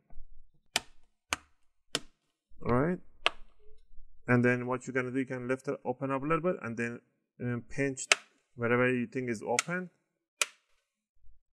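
Someone presses around the plastic bottom cover of an HP 14-cm laptop, and further cover clips snap into the laptop's top case with sharp clicks at 0.8, 1.3, 2.0 and 3.3 seconds. Someone talks through most of the clip, and another sharp click is heard at about 10.4 seconds. The clips are seated.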